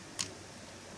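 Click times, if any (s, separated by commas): 0.2 s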